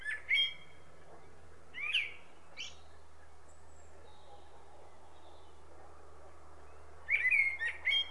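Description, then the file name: Common blackbird singing brief phrases of chirpy, twittering notes, one at the start, two near two seconds, then a busier burst near the end, separated by quiet hiss. "Turdus merula"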